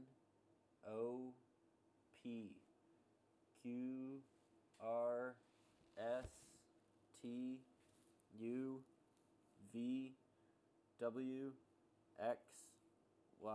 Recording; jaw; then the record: letters of the alphabet, spoken; free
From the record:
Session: seven days later